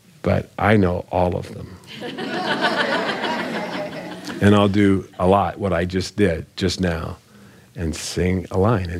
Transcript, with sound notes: but I know all of 'em! (laughter) I’ll do, a lot, what I just did just now—sing a line.